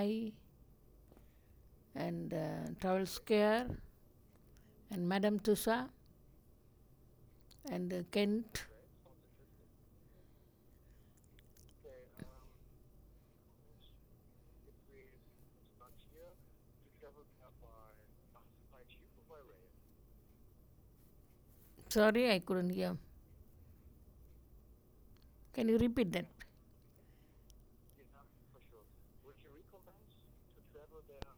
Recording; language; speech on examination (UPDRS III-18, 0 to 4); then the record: conversation on a phone call; English; 0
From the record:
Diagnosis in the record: healthy control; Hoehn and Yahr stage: 0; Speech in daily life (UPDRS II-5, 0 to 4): 0